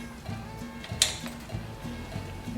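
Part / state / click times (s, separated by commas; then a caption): torque wrench on cylinder head bolt of a small engine / torque reached / 1.0 s. A click-type torque wrench tightens the cylinder head bolts in sequence on a Kohler Magnum 20 small engine. A sharp, bright click lands at 1.0 s over a low steady background, with fainter ticks around it. The wrench clicks at its setting, showing the bolt has reached torque.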